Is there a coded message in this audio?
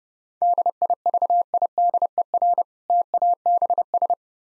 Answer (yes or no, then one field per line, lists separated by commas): yes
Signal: Morse code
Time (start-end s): 0.4-4.1 s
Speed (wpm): 29 wpm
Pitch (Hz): 700 Hz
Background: none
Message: DIVIDER TABS